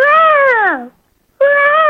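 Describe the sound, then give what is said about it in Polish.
A person imitates a peacock with two loud, nasal wailing cries: the first long and sliding downward in pitch, then a short silence before a second, steadier cry begins. “Koniecznie muszę się pochwalić swoim talentem do naśladowania pawia i do naśladowania mojego pieska Hektorka.”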